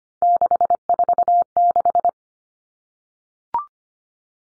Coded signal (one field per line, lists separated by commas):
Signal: Morse code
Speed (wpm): 25 wpm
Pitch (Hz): 700 Hz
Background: none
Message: 646